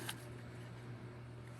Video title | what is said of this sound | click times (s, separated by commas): Nail Gun Teardown @ MKE Gadgets #170 | All right, I stripped out a brand new Allen wrench. | 0.1 s